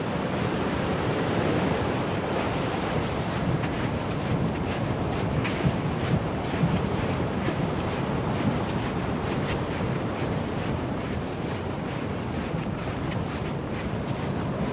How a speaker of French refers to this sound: Ah, la mer, elle monte là, oui. Et les vagues ? Les vagues, pour le moment, non, elles doivent monter que cette nuit. Là, elles sont assez stables.